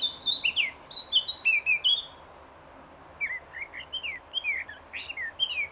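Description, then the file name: Eurasian blackcap song, two bursts of quick varied notes separated by a pause, the second somewhat lower and softer. "Sylvia atricapilla"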